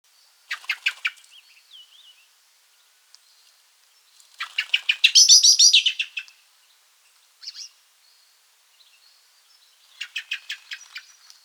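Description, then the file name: Common blackbird calls: high, sharp chirping bursts in several groups, the loudest a dense run of rapid notes in the middle, with quiet gaps between. "Turdus merula"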